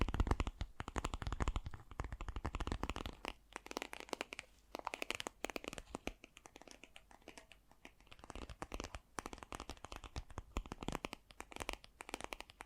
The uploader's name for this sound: Fast & Gentle Tapping